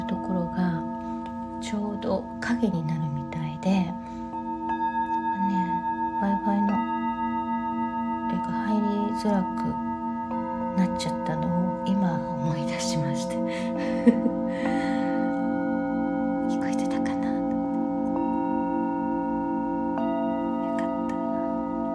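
Singing bowls hum in a steady, ringing drone that holds through the whole clip, layered tones sustaining without a break. A voice speaks softly over it for the first half, and around fourteen seconds a fresh strike brings a slow, wavering pulse to the low tone.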